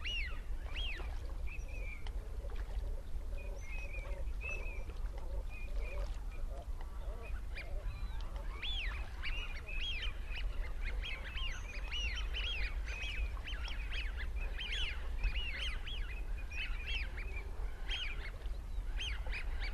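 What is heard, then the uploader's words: Wigeon whistle in dense, overlapping bursts over a steady chatter of teal, with a low rumble of wind underneath throughout. Winter Ducks at Castle Water. Today at the hide at Castle Water it was calm and grey making the sounds of the birds very clear. A background of Teal calling and the louder whistling of Wigeon.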